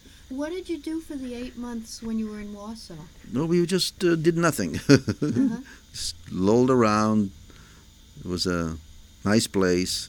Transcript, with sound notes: What did you do for the eight months when you were in Warsaw?
Well we just did nothing. (he laughs) Lolled around. It was a nice place.